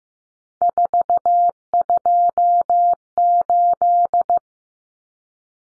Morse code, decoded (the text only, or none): 428